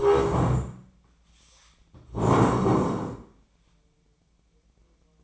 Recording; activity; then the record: daily activity, microphone in the room; stand up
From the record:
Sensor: 1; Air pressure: 1012.3 hPa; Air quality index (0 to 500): 172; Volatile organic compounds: 3 ppm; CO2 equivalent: 1415 ppm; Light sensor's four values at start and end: 43/117/47/58 and 43/117/48/58